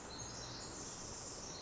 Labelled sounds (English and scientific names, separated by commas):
Pacific Wren (Troglodytes pacificus)